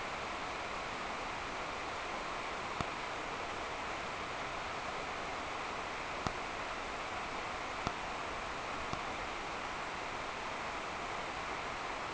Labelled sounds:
none
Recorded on Arctic tundra, site NAIT-1, on 26 June 2018
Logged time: 09:00

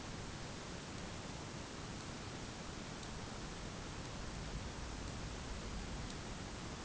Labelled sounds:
none
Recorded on Arctic tundra, site ZACK-1, on 11 June 2019
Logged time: 01:49

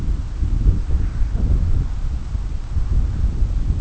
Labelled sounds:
none
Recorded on Arctic tundra, site CORI-1, on 20 June 2018
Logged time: 20:00

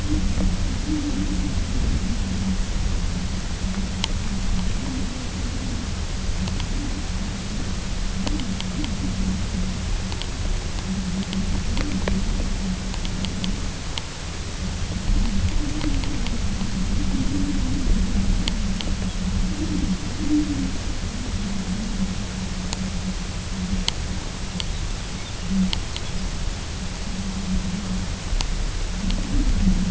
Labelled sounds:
Pectoral Sandpiper
unidentified sound
Lapland Longspur
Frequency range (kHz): Lapland Longspur 2.2-5.8 kHz
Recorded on Arctic tundra, site UTQI-0, on 22 June 2018
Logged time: 18:00

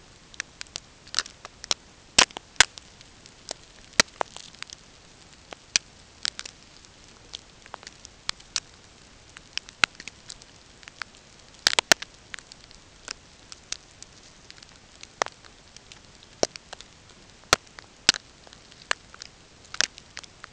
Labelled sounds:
none
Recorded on Arctic tundra, site NAIT-1, on 20 June 2018
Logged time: 05:00

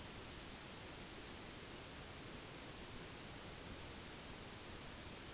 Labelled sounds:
none
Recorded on Arctic tundra, site NAIT-1, on 1 July 2019
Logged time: 08:00

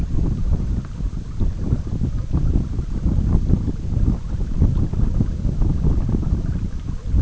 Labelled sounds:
none
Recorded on Arctic tundra, site EABA-MC, on 19 June 2019
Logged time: 02:00

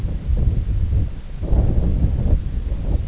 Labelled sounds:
none
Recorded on Arctic tundra, site IGLO-D, on 19 June 2018
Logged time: 18:00

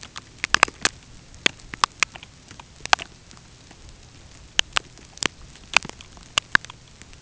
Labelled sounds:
none
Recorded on Arctic tundra, site UTQI-5, on 13 June 2019
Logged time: 06:00

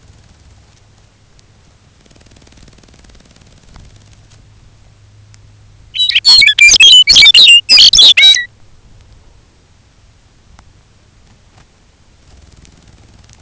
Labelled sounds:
Lapland Longspur
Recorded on Arctic tundra, site UTQI-5, on 19 June 2019
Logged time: 22:00

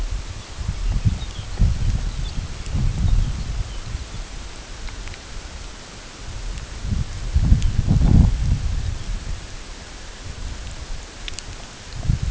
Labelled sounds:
Lapland Longspur
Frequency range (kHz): Lapland Longspur 2.1-5.8 kHz
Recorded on Arctic tundra, site UTQI-8, on 16 June 2019
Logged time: 00:00

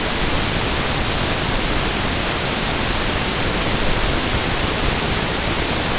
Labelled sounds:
none
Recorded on Arctic tundra, site NAIT-1, on 22 June 2018
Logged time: 15:00

